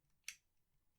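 A second add-on detail piece for a Millennium Falcon model is pressed onto two pegs on the side panel that sits between the two mandibles. It gives a sharp, bright click at 0.3 s as it snaps into place and seats. A louder, low-heavy thump follows at the very end, around 1.0 s.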